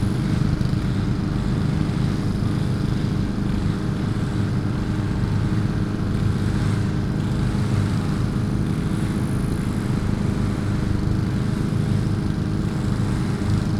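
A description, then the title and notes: Several lawn mower engines drone together in a dense, unbroken mass, their low rumbling tones stacked and sustained at near-constant loudness. The sound sits heavy in the low range, with a faint higher whine drifting in around the ninth second. Mürafoonia Muruniidukitel is a performance/composition for lawn mowers by Taavi Suisalu, conducted by Andrus Kallastu and performed/recorded during the UIT festival in Tartu, Estonia. Noisephony of Lawn Mowers.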